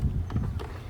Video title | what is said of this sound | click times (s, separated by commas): 2021 KTM 690 SMC R FULL REVIEW- FIRST RIDE ARROW EXHAUST | then push down, clicks right in. | 0.3 s